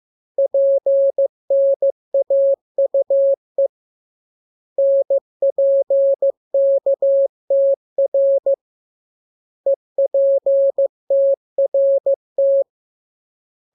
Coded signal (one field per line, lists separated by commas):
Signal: Morse code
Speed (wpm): 15 wpm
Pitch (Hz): 550 Hz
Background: none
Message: PNAUE NPKTR EPTRT